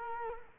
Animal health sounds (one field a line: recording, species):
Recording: mosquito wingbeat signal from an infrared sensor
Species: Culex quinquefasciatus